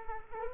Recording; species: mosquito wingbeat signal from an infrared sensor; Culex quinquefasciatus